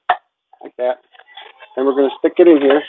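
A new oil filter element is pushed onto the plastic filter housing cap of a Maserati Ghibli SQ4 during an oil change and snaps into place with a sharp click at 0.1 s. Someone then talks for the rest of the clip.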